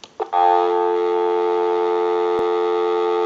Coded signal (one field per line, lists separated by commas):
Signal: telephone call progress tone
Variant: North America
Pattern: dial tone